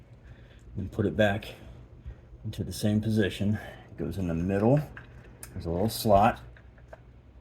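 An internal part of a 1981 Corvette distributor is being put back in its original position, toward the small slot in the middle of the distributor housing, while someone talks. A few faint handling ticks come near the end, around 6.6, 6.8 and 6.9 seconds. Nothing has seated or clicked into place yet.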